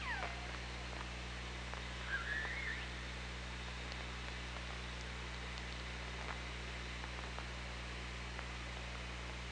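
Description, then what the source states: Orca call, a short rising whistled tone near two seconds, over steady low underwater hum with scattered faint clicks. OrcaLab hydrophone recording, 24 August 2017, 16:03.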